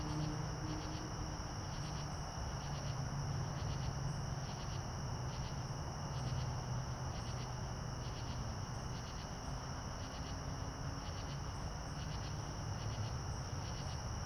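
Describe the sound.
Crickets giving repeated pulsed chirps in regular groups above a constant high-pitched ringing trill, low steady rumble underneath the whole time.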